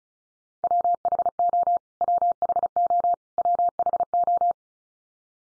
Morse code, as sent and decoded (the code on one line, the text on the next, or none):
.-- .... --- / .-- .... --- / .-- .... ---
WHO WHO WHO